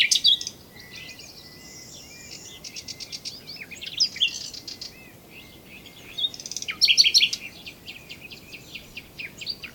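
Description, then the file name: Common nightingale singing a dense stream of varied phrases: quick chirps, buzzy trills and rapid repeated notes, with short pauses between bursts. "Luscinia megarhynchos"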